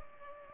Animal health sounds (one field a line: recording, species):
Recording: mosquito wingbeat signal from an infrared sensor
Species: Culex pipiens